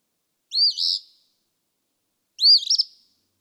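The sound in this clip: Eastern phoebe giving two high, hoarse two-part song phrases about two seconds apart, the second ending in a stuttered buzz.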